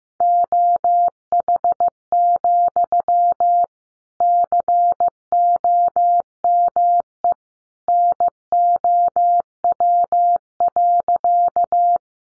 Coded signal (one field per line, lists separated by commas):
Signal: Morse code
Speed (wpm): 15 wpm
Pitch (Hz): 700 Hz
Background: none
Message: OH, COME NOW.